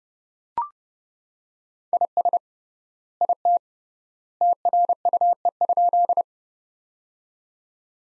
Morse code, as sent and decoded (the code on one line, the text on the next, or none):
.. ... / .. - / - .-. ..- . ..--..
IS IT TRUE?